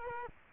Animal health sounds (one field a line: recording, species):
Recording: mosquito wingbeat signal from an infrared sensor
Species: Culex quinquefasciatus